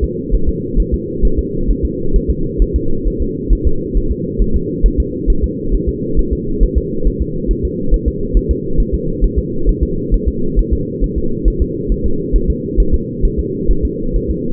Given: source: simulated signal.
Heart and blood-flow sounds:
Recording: fetal heart sounds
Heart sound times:
0.04 s: S2
0.35 s: S1
0.49 s: S2
0.80 s: S1
0.94 s: S2
1.25 s: S1
1.39 s: S2
1.71 s: S1
1.85 s: S2
2.16 s: S1
2.30 s: S2
2.62 s: S1
2.76 s: S2
3.07 s: S1
3.22 s: S2
3.53 s: S1
3.67 s: S2
3.97 s: S1
4.11 s: S2
4.42 s: S1
4.56 s: S2
4.86 s: S1
5.00 s: S2
5.30 s: S1
5.44 s: S2
5.75 s: S1
5.89 s: S2
6.19 s: S1
6.33 s: S2
6.64 s: S1
6.78 s: S2
7.07 s: S1
7.21 s: S2
7.51 s: S1
7.65 s: S2
7.94 s: S1
8.08 s: S2
8.37 s: S1
8.51 s: S2
8.80 s: S1
8.94 s: S2
9.24 s: S1
9.39 s: S2
9.69 s: S1
9.83 s: S2
10.14 s: S1
10.28 s: S2
10.59 s: S1
10.73 s: S2
11.04 s: S1
11.18 s: S2
11.48 s: S1
11.62 s: S2
11.92 s: S1
12.06 s: S2
12.36 s: S1
12.50 s: S2
12.80 s: S1
12.94 s: S2
13.25 s: S1
13.39 s: S2
13.71 s: S1
13.85 s: S2
14.16 s: S1
14.30 s: S2
From the record:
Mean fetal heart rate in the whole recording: 135 bpm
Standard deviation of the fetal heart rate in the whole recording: 3 bpm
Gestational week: 36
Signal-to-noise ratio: -8.1 dB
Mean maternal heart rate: 72 bpm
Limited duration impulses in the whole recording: absent

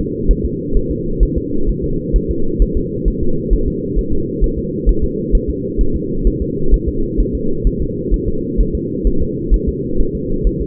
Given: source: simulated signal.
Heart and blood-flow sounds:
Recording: fetal heart sounds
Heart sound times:
0.31 s: S1
0.45 s: S2
0.77 s: S1
0.91 s: S2
1.23 s: S1
1.38 s: S2
1.69 s: S1
1.84 s: S2
2.16 s: S1
2.30 s: S2
2.62 s: S1
2.77 s: S2
3.08 s: S1
3.23 s: S2
3.53 s: S1
3.68 s: S2
3.99 s: S1
4.13 s: S2
4.44 s: S1
4.59 s: S2
4.89 s: S1
5.04 s: S2
5.35 s: S1
5.50 s: S2
5.81 s: S1
5.96 s: S2
6.27 s: S1
6.42 s: S2
6.74 s: S1
6.88 s: S2
7.20 s: S1
7.35 s: S2
7.67 s: S1
7.82 s: S2
8.14 s: S1
8.28 s: S2
8.60 s: S1
8.75 s: S2
9.07 s: S1
9.22 s: S2
9.54 s: S1
9.68 s: S2
10.00 s: S1
10.15 s: S2
10.47 s: S1
10.61 s: S2
From the record:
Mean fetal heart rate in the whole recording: 130 bpm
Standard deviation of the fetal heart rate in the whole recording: 2 bpm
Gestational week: 36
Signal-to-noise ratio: -8.1 dB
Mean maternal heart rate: 72 bpm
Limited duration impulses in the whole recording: absent

